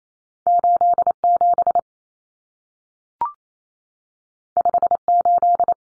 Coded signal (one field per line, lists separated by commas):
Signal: Morse code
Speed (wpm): 28 wpm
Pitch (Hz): 700 Hz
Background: none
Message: 87 58